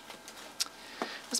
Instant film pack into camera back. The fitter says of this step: It's a nice tight fit, and it'll just snap right into the back of the camera.